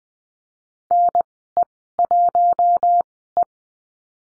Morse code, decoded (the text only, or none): NE1E